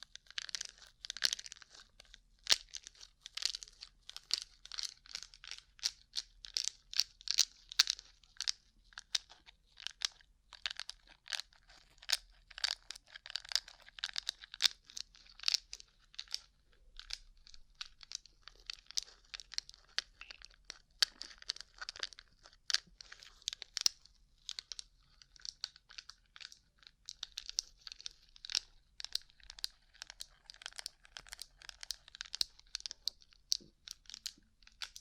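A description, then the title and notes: Fingers tap and scratch quickly over a rhinestone-covered surface, making a dense stream of sharp, bright clicks with a crinkly, crunchy texture. The tapping runs without pause for the whole stretch, shifting slightly in loudness, over a faint low hum. ASMR Rhinestone Covered Tapping 3Dio (No Talking).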